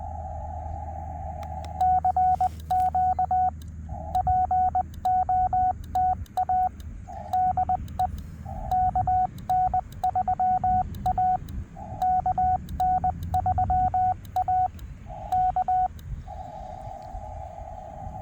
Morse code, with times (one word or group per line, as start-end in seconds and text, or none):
1.8-3.5 CQ
4.2-6.7 POTA
7.3-8.1 DE
8.7-11.4 KN3A
12.0-14.7 KN3A
15.3-15.9 K